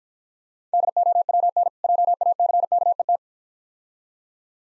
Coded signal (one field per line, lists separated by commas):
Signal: Morse code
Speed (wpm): 49 wpm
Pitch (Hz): 700 Hz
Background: none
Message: DOWN JACKET